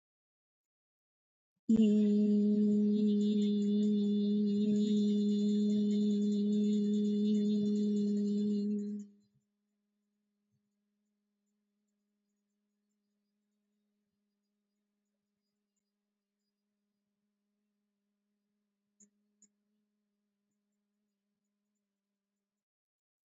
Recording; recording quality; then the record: sustained vowel as in beet; moderate, slight background noise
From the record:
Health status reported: healthy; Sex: female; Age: 39 years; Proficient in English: yes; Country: India